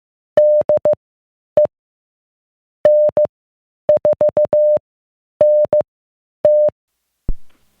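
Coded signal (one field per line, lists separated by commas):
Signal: Morse code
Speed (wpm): 15 wpm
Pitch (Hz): 600 Hz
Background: none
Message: DE N4NT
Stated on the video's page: Heard during a ham radio net in West Virginia.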